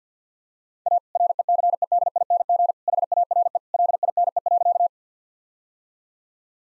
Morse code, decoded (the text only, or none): A RECEDING HARE LINE.